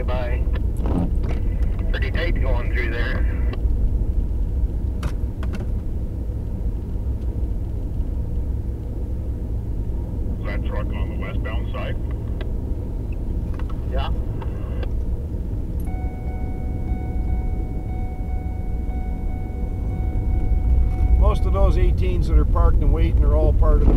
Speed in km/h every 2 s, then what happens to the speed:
70, 72, 74, 75, 76, 77, 80, 79, 80, 80, 79, 77.
0-12 speeds up to 80. 12-24 steady at about 79.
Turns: none.